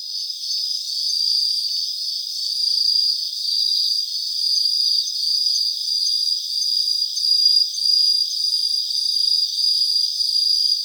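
Cricket trilling: an unbroken, shrill drone that swells and fades gently throughout.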